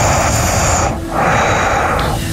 It's not a snore. That's all nose. Some heavy nose breathing. Yeah, it's all nasal passage. that's like almost a vacuum cleaner. It's got like an echoey quality to it.